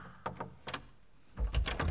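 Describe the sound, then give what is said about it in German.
Knocking at a door with nobody there: a few separate raps, then a quicker, louder run of knocks toward the end, each a short dull thud with no voices. “Aber warum klopfen die? Und dann ist keiner da.”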